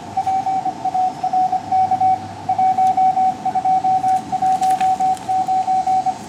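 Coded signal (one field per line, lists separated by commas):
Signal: Morse code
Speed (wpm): 24 wpm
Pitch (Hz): 750 Hz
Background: radio noise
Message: PARK 1219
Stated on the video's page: Live QRP Morse at about 17 WPM in a park, sent on a Xiegu X6100 at 5 watts into a home-made antenna.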